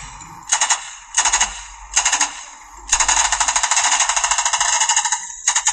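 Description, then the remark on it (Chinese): Rapid automatic gunfire from a World War II submachine gun with a drum magazine: three short clattering bursts, then one long sustained rattling stream of shots with a steady, typewriter-like rhythm, ending in a final brief burst. “所以嗱，冲锋枪就系呢、這个。二战咧就嗱，唱听听张声先。”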